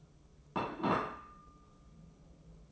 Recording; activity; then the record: daily activity, microphone in the room; place plate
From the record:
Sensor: 1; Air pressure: 995.3 hPa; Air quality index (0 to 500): 28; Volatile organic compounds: 1 ppm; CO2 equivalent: 546 ppm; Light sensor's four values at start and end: 13/47/17/18 and 13/47/17/18